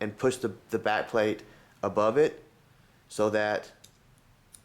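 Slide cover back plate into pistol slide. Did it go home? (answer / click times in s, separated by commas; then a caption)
yes / 4.5 s. Someone talks while using a tool to push in the spacer sleeve and slide the polymer/steel slide cover back plate over it on a Glock 23 pistol slide. After the speech stops, a faint tick comes at 4.2 seconds and a sharp click at 4.6 seconds as the back plate locks into its groove and seats.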